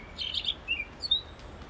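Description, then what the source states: Blackbird sounds: a few short bursts of high, thin twittering notes. Played recording; a wide range of blackbird sounds.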